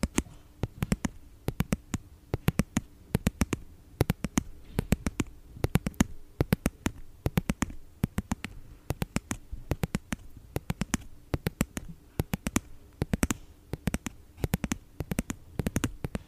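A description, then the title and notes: ASMR tapping: crisp, sharp taps repeat through the whole clip, several per second in uneven bursts and clusters. Each tap is short and bright with a soft thud underneath, and a faint low hum sits steadily behind them. Blue yeti microphone. Asmr tapping.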